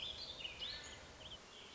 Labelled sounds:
Warbling Vireo (Vireo gilvus)
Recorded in Sonoma County, California

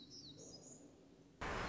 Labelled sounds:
Black-throated Gray Warbler (Setophaga nigrescens)
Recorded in Sonoma County, California

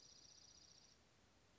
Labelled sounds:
Dark-eyed Junco (Junco hyemalis)
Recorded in Sonoma County, California

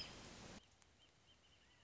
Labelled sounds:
Wrentit (Chamaea fasciata)
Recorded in Sonoma County, California

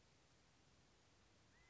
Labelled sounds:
California Quail (Callipepla californica)
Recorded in Sonoma County, California

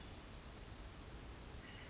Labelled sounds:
Western Flycatcher (Empidonax difficilis)
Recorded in Sonoma County, California

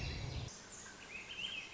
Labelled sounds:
Swainson's Thrush (Catharus ustulatus)
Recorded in Sonoma County, California

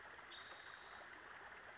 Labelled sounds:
Spotted Towhee (Pipilo maculatus)
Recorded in Sonoma County, California

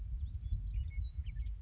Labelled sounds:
Western Meadowlark (Sturnella neglecta)
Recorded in Sonoma County, California

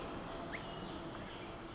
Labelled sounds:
Pacific Wren (Troglodytes pacificus)
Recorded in Sonoma County, California

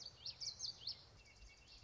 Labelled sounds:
Common Yellowthroat (Geothlypis trichas)
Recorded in Sonoma County, California

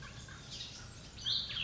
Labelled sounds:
Cassin's Vireo (Vireo cassinii)
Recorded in Sonoma County, California

